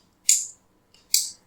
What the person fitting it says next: அவ்வளவுதான் லாக் ஆயிடுச்சு